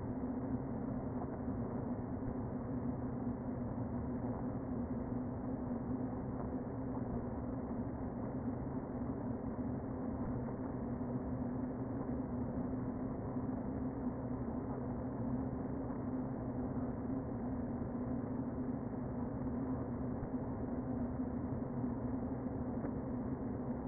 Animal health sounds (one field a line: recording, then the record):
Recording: honeybee colony, microphone inside the hive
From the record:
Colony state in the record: queen present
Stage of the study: before two queens were removed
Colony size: about 60,000 bees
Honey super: yes